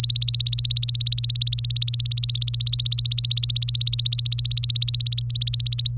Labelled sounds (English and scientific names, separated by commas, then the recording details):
Domestic Canary (Serinus canaria) song
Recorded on 24 April 2018 at 09:24
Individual llb3